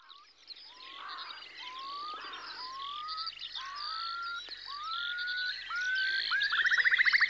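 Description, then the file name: Eurasian curlew song: slow rising whistles about once a second, quickening into a rolling bubbling trill at the end, with busy songbird chatter throughout. "Storspov"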